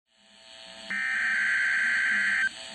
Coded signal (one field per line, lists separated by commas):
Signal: Emergency Alert System (SAME) tones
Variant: header bursts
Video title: Required Weekly Test (EAS #278) 11/9/22